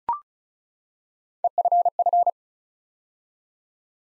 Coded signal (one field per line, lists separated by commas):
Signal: Morse code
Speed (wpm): 36 wpm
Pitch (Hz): 700 Hz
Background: none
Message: EFF